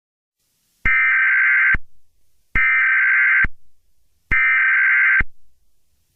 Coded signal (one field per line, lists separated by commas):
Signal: Emergency Alert System (SAME) tones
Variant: header bursts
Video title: EAS Scenario #6: The Halloween Entities (Chapter II)